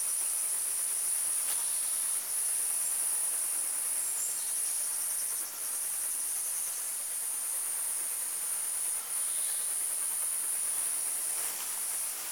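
Cicada song: a continuous, steady, high-pitched buzzing hiss holding without pause throughout, with only brief slight dips.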